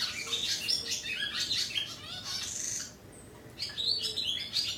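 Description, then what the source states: Barn swallows twittering, bursts of high chirping and scratchy warbles, a brief lull, then the chattering resumes. Barn swallows waking up in a horse stable in Ransdaal, in the heart of Limburg; sound described as very cosy.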